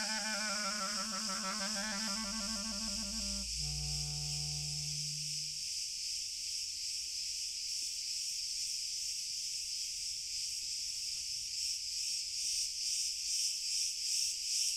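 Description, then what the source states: Crickets in a chorus, a steady high shimmering trill throughout; a low droning harmonic tone sounds for the first five seconds or so, then stops. Cricket chorus, very distant.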